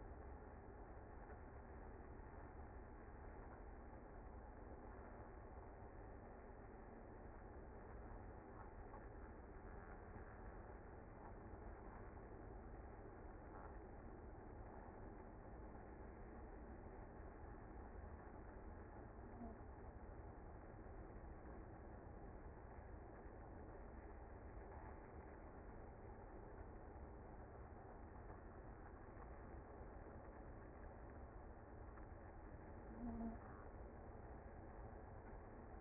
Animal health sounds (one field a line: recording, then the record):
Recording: honeybee colony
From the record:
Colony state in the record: active